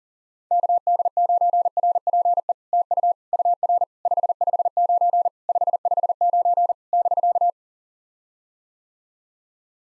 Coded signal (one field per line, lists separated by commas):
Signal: Morse code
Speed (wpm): 44 wpm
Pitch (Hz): 700 Hz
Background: none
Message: KD9RPE TU UR 559 559 <BK>